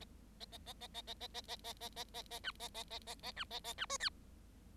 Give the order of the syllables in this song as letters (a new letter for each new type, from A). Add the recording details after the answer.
A A A A A A A A A A A A A A B A A A A A B A A B C D. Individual Bird7